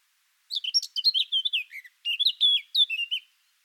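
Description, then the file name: Eurasian blackcap singing a fast, continuous warble of varied chirps and fluting notes, pausing briefly midway, then resuming with loud, clear whistled flourishes. "Sylvia atricapilla"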